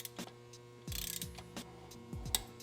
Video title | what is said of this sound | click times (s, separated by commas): Mounting our R35 Rambler Forged Beadlock - Unboxing & Tips | Click, over to 3. | 2.4 s